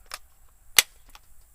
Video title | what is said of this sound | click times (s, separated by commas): Savage Arms A22 22 WMR Magnum Semi Auto Rifle: Field Test- Reliability & Accuracy | we heard the click charge | 0.8 s